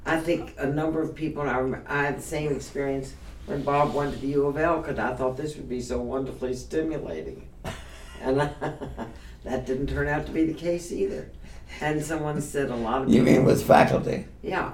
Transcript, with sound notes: I think a number of people in our, I had the same experience when Bob went to U of L because I thought this would be so wonderfully stimulating. And that, [laughs] that didn’t turn out to be the case either. And someone said a lot of the—
You mean with faculty?
Yeah.